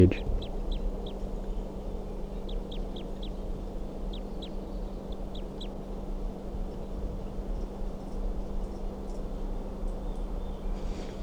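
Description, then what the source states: Crossbill calls: soft, short high chips given in quick clusters of two or three, repeated through the first half over a steady low hum and background rumble. Wild female calling softly from the top of a captive male's cage, about 4:52–4:53 p.m.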